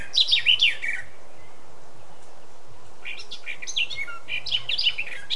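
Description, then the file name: Eurasian blackcap song in two bursts: a short bright warbled phrase, a pause of about two seconds, then a longer chattering, fluty run. "Sylvia atricapilla"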